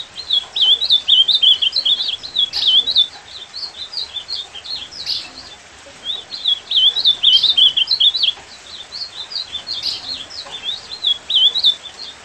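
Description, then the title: Ultramarine grosbeak delivering repeated warbled phrases of bright, slurred notes, each burst lasting a few seconds with short quiet gaps between. Described as a beautiful song; offered as a tutor for teaching a pet golinha seedeater to sing. "Encarte Seu Golinha Com Este Lindo Canto De Azulão"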